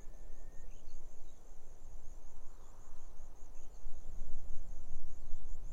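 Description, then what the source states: Grasshopper stridulating in an even, high, rapidly pulsed buzz, a few faint bird notes, and wind surging in the background. Grasshoppers stridulating on a lukewarm autumn afternoon, 6 May 2015, arid Barrier Ranges near Broken Hill, Australian outback; wind in desert she-oaks, sparse bird song.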